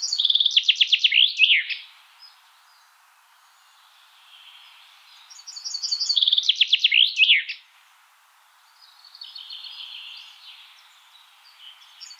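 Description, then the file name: Common chaffinch singing two loud, rapid, descending trilled phrases with a terminal flourish, about six seconds apart, with softer song between and after. "Fringilla coelebs"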